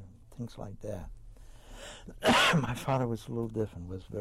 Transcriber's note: coughs